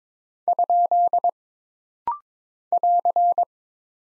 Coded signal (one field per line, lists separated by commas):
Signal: Morse code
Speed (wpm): 22 wpm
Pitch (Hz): 700 Hz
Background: none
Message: ? <AR>